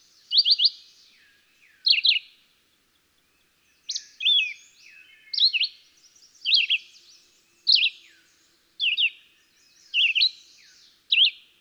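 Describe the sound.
Red-eyed Vireo song, brief slurred whistled phrases, then a short pause, then phrases at a steady pace.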